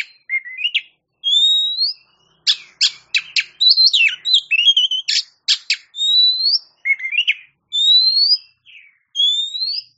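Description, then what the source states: Oriental magpie-robin song with rising whistled notes alternating with rapid, sharp chattering chirps, varied throughout. Champion singing bird.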